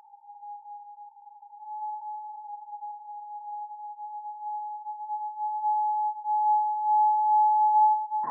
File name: Eastern Whipbird